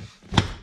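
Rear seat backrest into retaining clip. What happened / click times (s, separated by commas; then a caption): The seat back latch clicked home / 0.4 s. On a Mercedes-Benz C-Class W204, the other side of the rear seat backrest is pushed back, lined up and pressed down into its retaining clip. Low rustling gives way to a loud, sharp click at 0.4 s. The seat back snaps home and is confirmed back in place.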